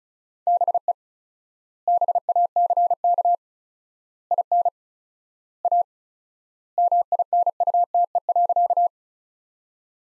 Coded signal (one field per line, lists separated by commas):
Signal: Morse code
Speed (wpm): 36 wpm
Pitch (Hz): 700 Hz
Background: none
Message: BE BACK IN A MINUTE.